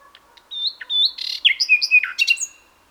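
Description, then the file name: Common nightingale giving two whistled notes, then a varied burst of buzzy, chattering and slurred whistled notes. "Luscinia megarhynchos"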